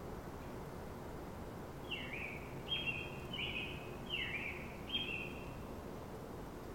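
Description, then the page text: American Robin song, five slurred whistled phrases in quick succession over faint steady background noise. Morning song, early morning. "American Robin greets The Morning. Vytautas Bucionis"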